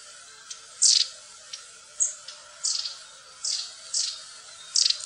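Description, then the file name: Long-tailed tit calls: six short, rasping, very high bursts at irregular intervals, over a steady background hiss. "stjertmeis"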